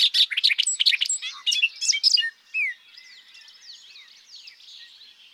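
Bobolink singing a hurried, tinkling jumble of notes for about two seconds, followed by fainter rambling notes.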